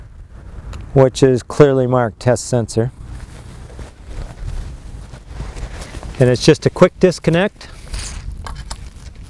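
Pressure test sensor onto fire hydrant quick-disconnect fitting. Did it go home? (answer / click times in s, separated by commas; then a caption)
yes / 8.5 s, 8.7 s. A pressure test sensor is pushed onto a quick-disconnect fitting on a fire hydrant outlet cap while someone talks. Two sharp metallic hits come close together at 8.5 s and 8.7 s as the sensor snaps into place and seats.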